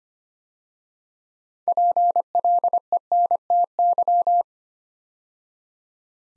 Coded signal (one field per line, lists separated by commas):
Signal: Morse code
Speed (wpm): 25 wpm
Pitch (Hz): 700 Hz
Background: none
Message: PLENTY